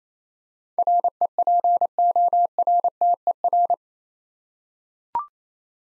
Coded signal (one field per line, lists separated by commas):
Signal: Morse code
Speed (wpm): 28 wpm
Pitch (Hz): 700 Hz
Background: none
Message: REPORTER